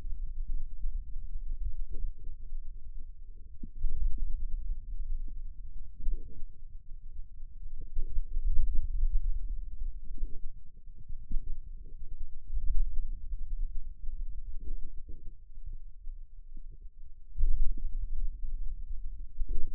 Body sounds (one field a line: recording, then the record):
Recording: forearm muscle sounds (acoustic myography)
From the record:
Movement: hand opening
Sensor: system 2, bracelet of six BSWA MPA416 microphones around the upper forearm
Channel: 6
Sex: male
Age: 22 years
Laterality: right